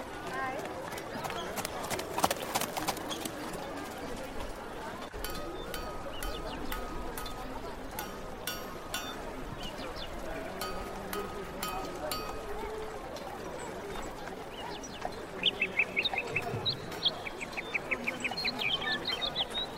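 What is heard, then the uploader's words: A medieval life ambience of steady murmuring voices runs throughout, punctuated by sharp knocks and clacks, with a cluster of hard strikes near the two-second mark. A thin sustained tone hangs in the middle stretch, and quick, bright bird chirps repeat over the last few seconds. Medieval life ASMR Ambience.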